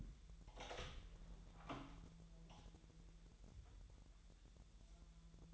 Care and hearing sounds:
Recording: daily activity, microphone in the room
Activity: open door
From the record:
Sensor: 3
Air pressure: 1001.3 hPa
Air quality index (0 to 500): 249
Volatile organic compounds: 165 ppm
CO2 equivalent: 4085 ppm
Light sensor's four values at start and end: 12/29/12/12 and 11/26/10/10

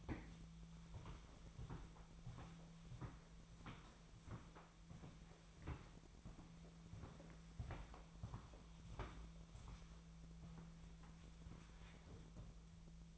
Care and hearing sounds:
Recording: daily activity, microphone in the room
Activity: walk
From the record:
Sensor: 1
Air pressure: 1008.4 hPa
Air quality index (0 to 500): 189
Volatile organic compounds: 17 ppm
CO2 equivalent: 2563 ppm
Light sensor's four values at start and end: 19/47/19/22 and 19/48/19/22

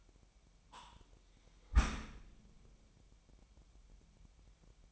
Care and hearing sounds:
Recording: daily activity, microphone in the room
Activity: close dishwasher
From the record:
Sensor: 1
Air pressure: 998.4 hPa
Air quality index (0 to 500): 136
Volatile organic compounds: 4 ppm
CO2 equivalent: 1623 ppm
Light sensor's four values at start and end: 17/58/23/24 and 17/58/23/23

